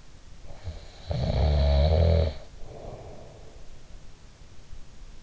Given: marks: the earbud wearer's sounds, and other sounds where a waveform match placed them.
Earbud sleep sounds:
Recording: sounds in sleep by an in-ear microphone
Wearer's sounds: snoring breath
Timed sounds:
0.24-3.82 s: snoring breath

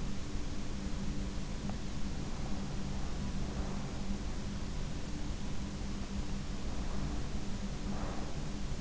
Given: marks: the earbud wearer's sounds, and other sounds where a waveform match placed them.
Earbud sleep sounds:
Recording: sounds in sleep by an in-ear microphone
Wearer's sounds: breath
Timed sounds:
2.41-4.12 s: breath
6.98-8.81 s: breath

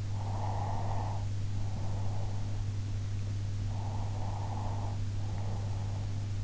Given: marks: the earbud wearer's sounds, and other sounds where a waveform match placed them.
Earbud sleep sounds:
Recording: sounds in sleep by an in-ear microphone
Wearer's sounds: breath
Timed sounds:
0.12-2.60 s: breath
3.66-6.15 s: breath

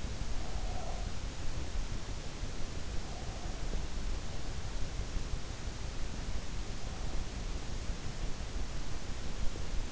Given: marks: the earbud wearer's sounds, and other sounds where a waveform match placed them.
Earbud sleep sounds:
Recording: sounds in sleep by an in-ear microphone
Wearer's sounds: breath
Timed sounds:
0.00-1.57 s: breath

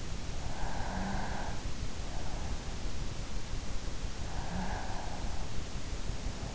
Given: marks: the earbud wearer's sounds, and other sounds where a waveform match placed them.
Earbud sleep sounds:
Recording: sounds in sleep by an in-ear microphone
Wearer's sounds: breath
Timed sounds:
0.21-1.93 s: breath
3.98-5.76 s: breath

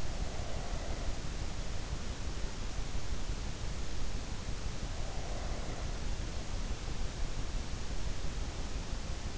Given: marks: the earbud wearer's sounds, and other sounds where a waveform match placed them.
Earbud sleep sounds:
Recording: sounds in sleep by an in-ear microphone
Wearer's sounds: breath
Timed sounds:
0.00-2.12 s: breath
4.81-7.15 s: breath

